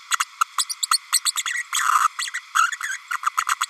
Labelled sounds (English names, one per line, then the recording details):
Green-rumped Parrotlet babbling
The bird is a female
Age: 32 days
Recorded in a nest box in Venezuela
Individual 17B32A5